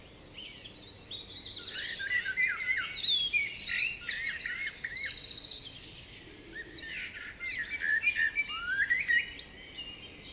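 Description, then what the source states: Birds singing, bright high chirps and quick trilled phrases tumbling together in bursts, with a soft steady outdoor hiss beneath. Birdsong ambience.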